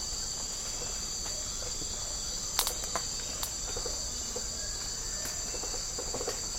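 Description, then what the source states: Insects keep up a constant high-pitched drone; occasional sharp clicks and brief soft pulse trains appear. Tropical rainforest habitat.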